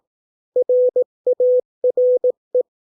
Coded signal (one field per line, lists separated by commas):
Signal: Morse code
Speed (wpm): 18 wpm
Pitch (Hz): 500 Hz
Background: none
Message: RARE